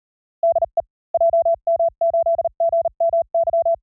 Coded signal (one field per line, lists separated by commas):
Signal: Morse code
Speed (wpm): 36 wpm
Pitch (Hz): 660 Hz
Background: none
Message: DE JM8GMY